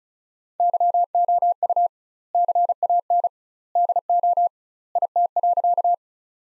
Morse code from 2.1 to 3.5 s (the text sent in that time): CAN